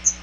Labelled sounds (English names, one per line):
Chestnut-sided Warbler flight call